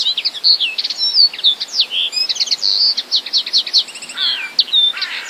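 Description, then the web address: Common linnet song, a loud continuous twitter of varied chirps, short whistles and rapid trill bursts, running without break throughout. "wroblowe kolekcja makolagwa"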